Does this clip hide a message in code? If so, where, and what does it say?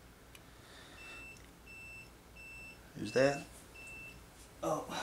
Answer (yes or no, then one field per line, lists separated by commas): no